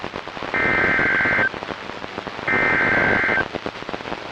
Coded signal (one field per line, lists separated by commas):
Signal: Emergency Alert System (SAME) tones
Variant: header bursts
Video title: EAS #1072-#1080: The Winter Hazards are Getting old now | KHB36, WXM42, & KEC83